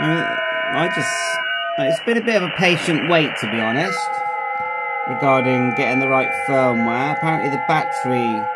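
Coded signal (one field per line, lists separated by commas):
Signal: FT8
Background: speech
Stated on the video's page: Received on a Xiegu X6200 running firmware v1.07.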